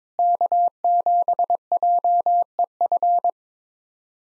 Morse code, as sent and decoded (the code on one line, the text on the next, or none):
-.- --... .--- . ..-.
K7JEF